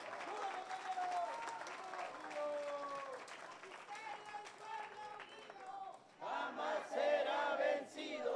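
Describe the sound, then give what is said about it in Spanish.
A crowd at a Sección 22 teachers' union gathering in Oaxaca applauds steadily with dense, sustained clapping, mixed with shouting and chanting voices; the noise dips briefly, then surges back louder and more energetic. “Vamos a recibirlo también con un combativo aplauso.”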